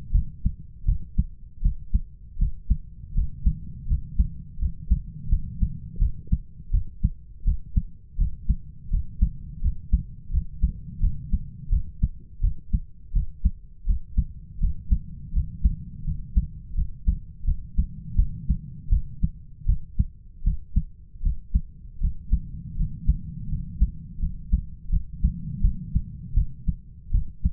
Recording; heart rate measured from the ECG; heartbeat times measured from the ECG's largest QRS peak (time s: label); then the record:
heart sounds by stethoscope; 82 bpm
0.11 s: heartbeat
0.85 s: heartbeat
1.61 s: heartbeat
2.38 s: heartbeat
3.14 s: heartbeat
3.87 s: heartbeat
4.58 s: heartbeat
5.29 s: heartbeat
5.98 s: heartbeat
6.71 s: heartbeat
7.44 s: heartbeat
8.17 s: heartbeat
8.90 s: heartbeat
9.61 s: heartbeat
10.30 s: heartbeat
11.00 s: heartbeat
11.69 s: heartbeat
12.40 s: heartbeat
13.12 s: heartbeat
13.85 s: heartbeat
14.59 s: heartbeat
15.32 s: heartbeat
16.04 s: heartbeat
16.74 s: heartbeat
17.44 s: heartbeat
18.15 s: heartbeat
18.89 s: heartbeat
19.65 s: heartbeat
20.43 s: heartbeat
21.22 s: heartbeat
21.99 s: heartbeat
22.76 s: heartbeat
23.48 s: heartbeat
24.19 s: heartbeat
24.89 s: heartbeat
25.61 s: heartbeat
26.34 s: heartbeat
27.11 s: heartbeat
From the record:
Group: healthy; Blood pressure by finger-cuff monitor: 108/68 mmHg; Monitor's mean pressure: 80 mmHg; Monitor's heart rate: 82 bpm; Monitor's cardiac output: 7.6 L/min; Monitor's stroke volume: 92 mL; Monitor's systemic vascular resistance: 770 dyn s/cm5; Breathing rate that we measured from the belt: 9 breaths a minute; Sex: male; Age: 33 years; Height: 179 cm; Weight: 80.4 kg